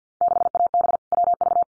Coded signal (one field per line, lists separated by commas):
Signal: Morse code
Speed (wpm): 50 wpm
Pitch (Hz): 700 Hz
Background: none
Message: 6AB WV